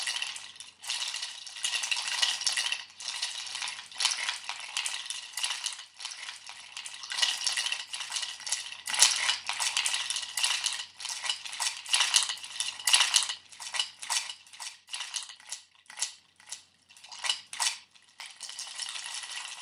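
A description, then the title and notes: Ice rattles and clinks in a glass in a dense, restless stream of bright, crisp clicks and jingles, with brief pauses throughout. The sound is high-pitched, with almost no low end and only a faint hum near the middle. Live multiple channel recordings without additions or enhancements. Record the sound of ice in a glass.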